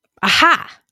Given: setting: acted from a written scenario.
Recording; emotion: vocal sound without words; realization